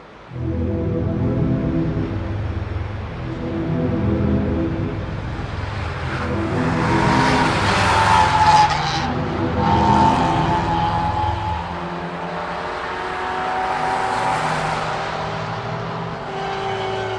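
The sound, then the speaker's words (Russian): A car engine roars steadily at speed along a wide highway at night, with a loud continuous rumble and rising whine, swelling as it overtakes other traffic, then settling into a lower, smoother drone near the end. “Машина, покачиваясь и вздрагивая, летела в однообразном мраке по широкой магистрали, легко обходя попутный транспорт.”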